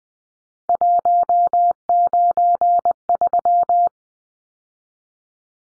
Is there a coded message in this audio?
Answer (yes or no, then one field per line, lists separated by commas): yes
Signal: Morse code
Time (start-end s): 0.7-3.9 s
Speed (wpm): 20 wpm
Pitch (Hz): 700 Hz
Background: none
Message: 193